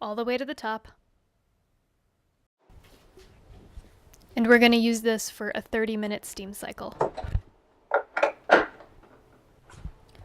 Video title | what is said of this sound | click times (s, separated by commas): Bosch Steam Oven Review.mp4 | I put the tank in all the way until it clicks close | 8.2 s